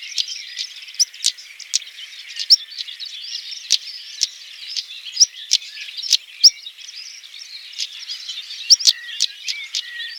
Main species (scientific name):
Saxicola rubicola